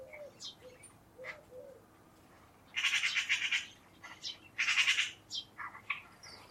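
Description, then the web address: Bird calls, two loud harsh rasping bursts separated by shorter notes, with softer chirps and low hiss throughout. "Bird Only"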